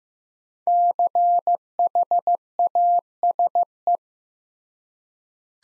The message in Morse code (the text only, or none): CHASE